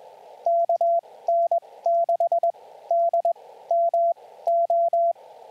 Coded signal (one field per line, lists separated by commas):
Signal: Morse code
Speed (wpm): 21 wpm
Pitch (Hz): 680 Hz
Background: radio noise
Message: KN6DMO